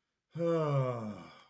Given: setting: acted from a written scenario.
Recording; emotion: vocal sound without words; elation